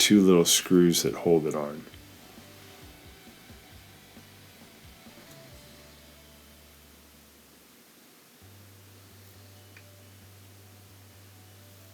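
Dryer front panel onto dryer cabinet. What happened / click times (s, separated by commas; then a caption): The panel is handled but has not clicked into place yet / none. Someone talks over the start as the front panel of a noisy LG electric dryer is handled back onto the dryer cabinet; it is meant to be pushed forward until it clicks, then held on with two little screws. Quiet handling and a low hum follow, with one brief soft tap near 9.8 s. Nothing has seated or clicked yet.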